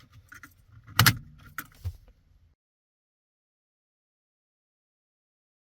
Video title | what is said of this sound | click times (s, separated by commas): Kia Niro - Replace the Clock Spring | we put it on like that, and we just push it and you'll hear it click. | 1.0 s, 1.6 s